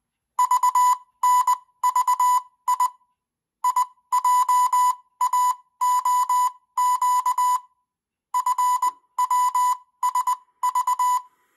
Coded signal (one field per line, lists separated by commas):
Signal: Morse code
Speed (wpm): 20 wpm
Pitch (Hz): 1000 Hz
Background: none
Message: VNVI IJAOQ FWSV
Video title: CW Trainer von Putikeeg